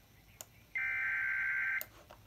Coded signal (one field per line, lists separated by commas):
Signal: Emergency Alert System (SAME) tones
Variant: header bursts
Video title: EAS 144 SVR